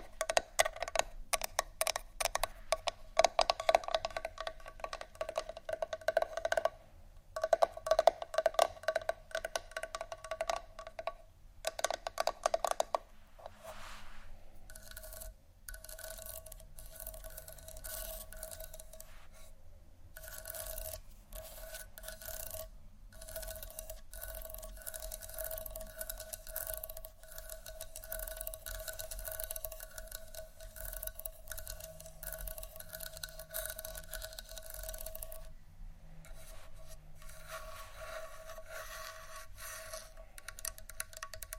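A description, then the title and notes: Scratching and tapping on a wooden surface. The first fifteen seconds carry sharp, irregular taps and louder scrapes. After that comes a steadier, softer rasping rub with brief pauses, and a faint low hum runs underneath throughout. ASMR Scratch & Tap For Your Nap（No Talking）.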